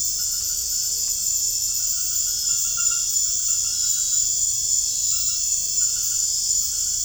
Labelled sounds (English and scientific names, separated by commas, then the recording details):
none
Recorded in secondary vegetation near Puerto Asís, Putumayo, Colombia, on 21 December 2024 at 20:00
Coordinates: 0.498, -76.327
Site GP07